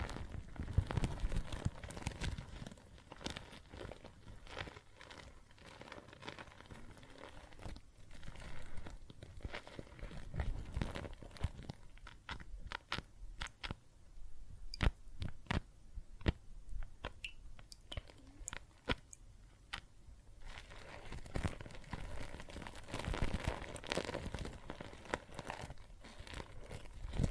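Water and soap foam crackle and fizz in dense, irregular pops and crinkles, with busier bursts early, around 15 seconds, and near the end.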